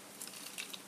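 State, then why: Not seated. A plastic spin-direction part is handled against a spinning top, being pushed in to set the top to left spin, with a few light, sharp ticks near 0.2, 0.6 and 0.75 seconds over a faint hiss. Nothing has seated or clicked yet; the clip ends just before the part goes home.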